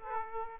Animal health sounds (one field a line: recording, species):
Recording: mosquito wingbeat signal from an infrared sensor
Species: Aedes aegypti